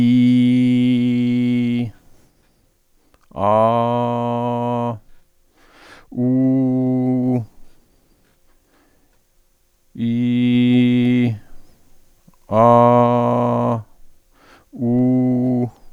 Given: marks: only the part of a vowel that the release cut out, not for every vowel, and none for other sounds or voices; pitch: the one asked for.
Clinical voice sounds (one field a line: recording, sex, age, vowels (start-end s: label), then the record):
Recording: sustained vowels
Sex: male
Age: 40 to 49 years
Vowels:
0.00-1.66 s: vowel /i/, normal pitch
3.54-4.79 s: vowel /a/, normal pitch
6.28-7.27 s: vowel /u/, normal pitch
10.12-11.21 s: vowel /i/, high pitch
12.66-13.67 s: vowel /a/, high pitch
14.88-15.60 s: vowel /u/, high pitch
From the record:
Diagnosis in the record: stuttering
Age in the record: 47 years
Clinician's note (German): Keine funktionelle Dysphonie